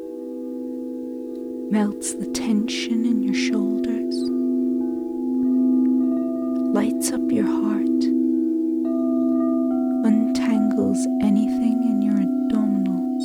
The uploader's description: sounds of Drums, Crystal Sound bowls, Tibetan sound bowls